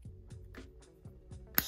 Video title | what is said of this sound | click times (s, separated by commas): cXc BWorld HEALTH STATION 1:18 Scale Hospital Set by Bruder Toys • Compatible with G.I. Joe !!! | snap into place and there is your monitor that you can turn back and forth | 1.6 s